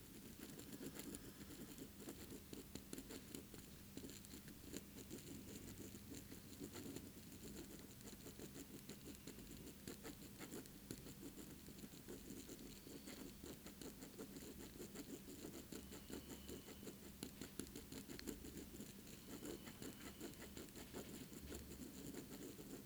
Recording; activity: daily activity, guitar pickup as the sensor; write